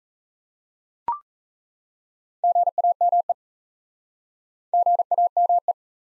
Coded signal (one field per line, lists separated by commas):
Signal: Morse code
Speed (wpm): 39 wpm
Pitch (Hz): 700 Hz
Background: none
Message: GAME GAME